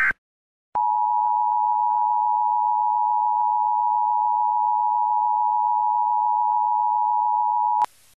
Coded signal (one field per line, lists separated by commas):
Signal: Emergency Alert System (SAME) tones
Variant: 853 and 960 Hz attention tone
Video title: EAS Scenario: If Lucow Fozzerit took over the world. (PURE FICTION)